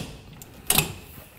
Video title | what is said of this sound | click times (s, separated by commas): How to Open and Close the Hills Everyday Single Folding Frame Clothesline | and we lift it just above the horizontal so we hear the click | 0.7 s